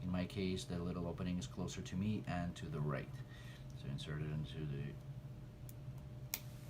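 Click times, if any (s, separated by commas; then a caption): 6.3 s. Someone talks while assembling a Ugears Vintage Car Model Roadster VM-01 mechanical wooden car kit, inserting a numbered plywood part into the bottom slot of the wooden model car frame. A faint tick sounds at 5.7 s, then a sharp click at 6.3 s as the part snaps into place, seated.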